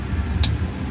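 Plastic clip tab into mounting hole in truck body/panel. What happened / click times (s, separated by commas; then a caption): The plastic clip snapped into its hole / 0.4 s. A plastic tab on a wiring part is pushed into its mounting hole in the body panel of a 2019 Dodge Ram truck. A sharp click at 0.4 seconds stands out over a steady low rumble. The tab has snapped into the hole and the part is sealed in place.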